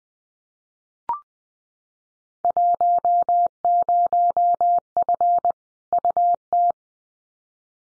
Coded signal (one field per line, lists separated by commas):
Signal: Morse code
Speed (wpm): 20 wpm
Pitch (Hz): 700 Hz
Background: none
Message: 10F UT